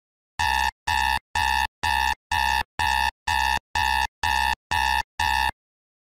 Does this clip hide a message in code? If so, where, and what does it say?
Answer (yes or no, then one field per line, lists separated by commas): no